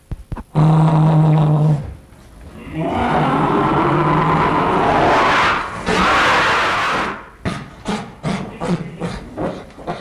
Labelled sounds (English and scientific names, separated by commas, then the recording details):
Sun Bear (Helarctos malayanus) call
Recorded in captivity
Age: adult
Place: Tierpark Berlin, Berlin, DE
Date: 1962-12-31 13:00
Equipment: Minifon, Kopie Smaragd
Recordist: Tembrock, Günter